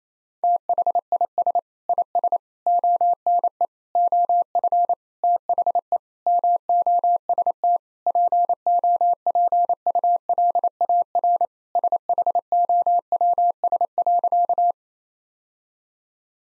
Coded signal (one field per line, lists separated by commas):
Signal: Morse code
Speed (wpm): 28 wpm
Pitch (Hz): 700 Hz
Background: none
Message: THIS IS ONE OF THE MOST POPULAR SHOWS.